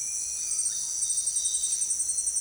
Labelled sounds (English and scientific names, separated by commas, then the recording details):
none
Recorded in secondary vegetation near Puerto Asís, Putumayo, Colombia, on 25 June 2025 at 17:30
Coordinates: 0.485, -76.322
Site GP06